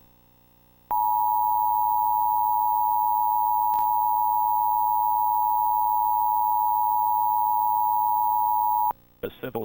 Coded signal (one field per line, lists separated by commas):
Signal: Emergency Alert System (SAME) tones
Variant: 853 and 960 Hz attention tone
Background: speech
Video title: Xfinity EAS/Civil Emergency Message (5/31/2020, Jacksonville, FL)